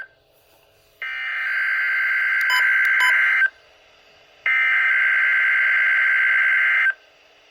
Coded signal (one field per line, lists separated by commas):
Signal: Emergency Alert System (SAME) tones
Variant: header bursts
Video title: NOAA Weather Radio Required Weekly Test 6/10/20 (EAS #19)